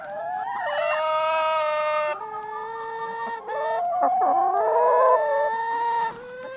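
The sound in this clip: Chicken clucking with long, drawn-out harmonic calls, broken by short sharp notes.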